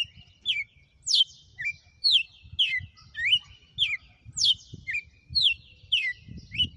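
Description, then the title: Red-cowled cardinal song: loud, sharp, whip-like descending notes repeated in a steady series, with a faint low rumble underneath. Female; song described as one whip-crack phrase after another. "Canto Galo Campina Fêmea 06. Galo de campina,hj foi um açoite atrás do outro???"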